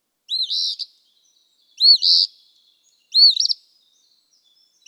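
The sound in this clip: Eastern Phoebe delivering clear two-part buzzy fee-bee phrases, three full songs about every one and a half seconds, quiet background.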